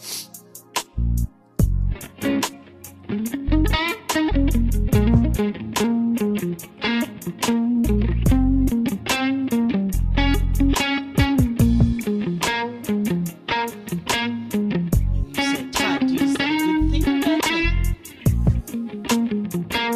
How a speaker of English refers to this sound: What, you've got a very tight reverb or tight delay on your voice.